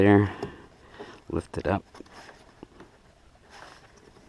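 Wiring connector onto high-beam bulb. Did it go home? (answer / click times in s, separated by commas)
no / none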